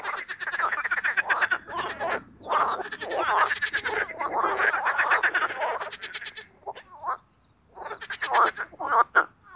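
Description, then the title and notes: Marsh frogs in a dense croaking chorus, rapid pulsed laughing trills overlapping almost continuously, with a short lull near the end before calling resumes. Marsh frogs (Pelophylax ridibundus) in a spring mating chorus in an artificial boating pond, Parc Chédeville, Oise, after a cold night. "au Parc Chédeville dans l'Oise. des grenouilles rieuses"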